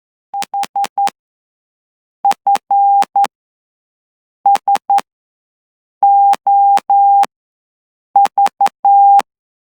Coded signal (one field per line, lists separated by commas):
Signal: Morse code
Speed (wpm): 10 wpm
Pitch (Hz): 800 Hz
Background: none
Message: HFSOV